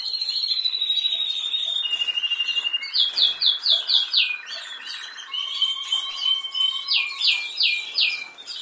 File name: Canary Voice